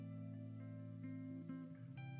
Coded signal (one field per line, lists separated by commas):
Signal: none